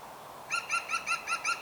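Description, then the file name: European green woodpecker call: a quick run of seven ringing, evenly paced notes against soft background hiss. "Groene Specht Picus viridis"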